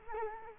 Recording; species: mosquito wingbeat signal from an infrared sensor; Culex quinquefasciatus